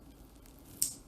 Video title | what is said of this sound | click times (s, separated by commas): סרטון הדרכה לשימוש בהמליברה | move the safety shield forward 90 degrees and then press down firmly against a flat surface until you hear a click okay | 0.8 s